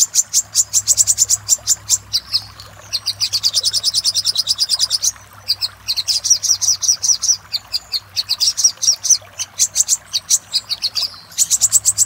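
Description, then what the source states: Little spiderhunter song: long runs of rapid, very high chipping notes in fast bursts with brief pauses between phrases, over a faint low hum. Master recording used for training cage birds, labelled 'Labaik'.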